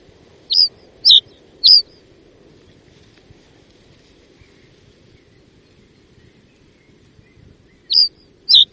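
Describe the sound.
Common reed bunting with three thin falling call notes, a lengthy lull over faint low background hum, then two more calls.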